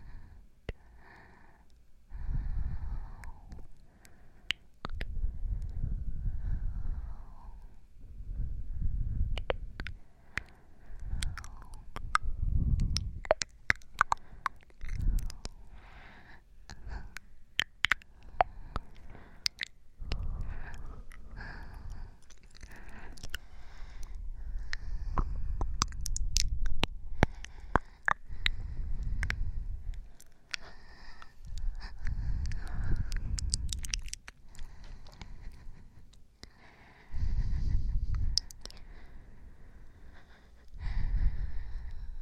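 Breathing, heard as a series of soft, low swells that rise and fall every two to three seconds, with brief quiet gaps between some breaths. Sharp little clicks and crackles, like mouth or chewing noises, scatter throughout, bunching up in places.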